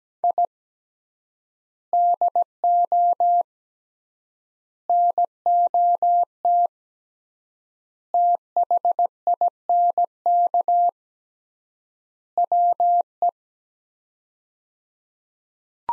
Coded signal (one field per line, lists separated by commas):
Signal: Morse code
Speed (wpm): 17 wpm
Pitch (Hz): 700 Hz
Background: none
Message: I DO NOT THINK WE